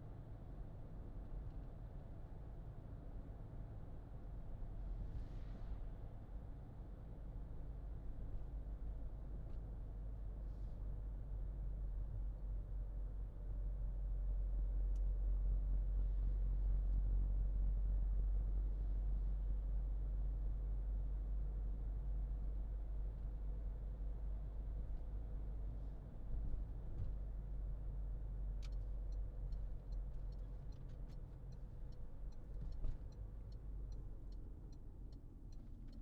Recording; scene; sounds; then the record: everyday scene through a hearing-aid microphone; in a vehicle; engine, highway driving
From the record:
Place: Berlingo II, diesel engine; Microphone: in the ear canal, left